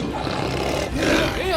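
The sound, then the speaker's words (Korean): A lion, trapped in a hunters' net and trying to escape, roars loudly in one long, rough, rumbling growl that briefly dips and then swells stronger for its final half second. “사자는 크게 울부짖으며 도망치려 했지만 사냥꾼들은 그물을 단단히 고정시켰습니다.”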